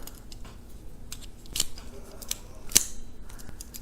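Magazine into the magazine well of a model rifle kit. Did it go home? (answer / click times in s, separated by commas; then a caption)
yes / 2.8 s. A magazine is inserted into the magazine well of a miniature model AR-15 rifle kit. Several small ticks and clicks are followed by a sharp snap at 2.8 s, the loudest hit, as the magazine seats.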